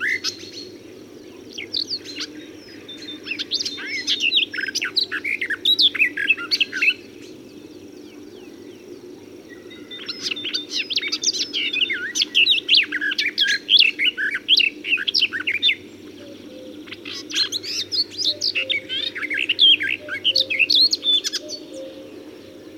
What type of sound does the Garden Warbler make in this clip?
song